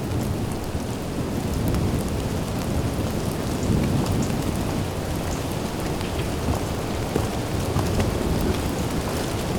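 Steady heavy rain from a thunderstorm at a guards' cabin pours down throughout, with deep rolling thunder rumbling low underneath and occasional sharper drips and taps standing out from the dense, constant wash.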